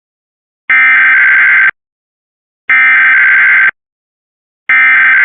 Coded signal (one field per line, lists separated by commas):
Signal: Emergency Alert System (SAME) tones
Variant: header bursts